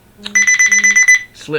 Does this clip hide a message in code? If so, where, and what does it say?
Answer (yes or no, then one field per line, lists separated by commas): no